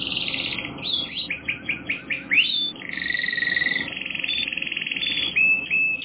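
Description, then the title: Canary singing a series of quick rising notes followed by sustained buzzy trills and rolls. "kenarijos"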